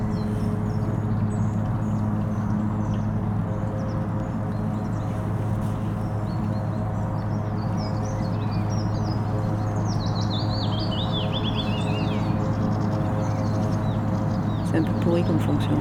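At the Trou aux Gants pond in Meudon forest, a steady low hum runs throughout while birds chirp and warble brightly midway.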